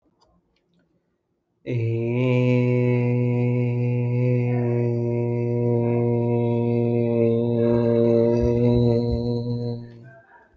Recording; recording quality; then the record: sustained vowel as in made; excellent, no background noise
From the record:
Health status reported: healthy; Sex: male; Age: 30 years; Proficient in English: yes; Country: India